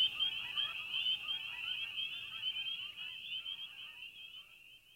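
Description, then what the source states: Canada goose honks from a flock, dense at first then thinning and fading away, leaving a continuous high-pitched frog or insect chorus. Flock flying in V formation at night over a northern marsh, heading directly toward the listener; clamoring honks.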